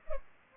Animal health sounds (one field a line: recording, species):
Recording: mosquito wingbeat signal from an infrared sensor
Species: Culex pipiens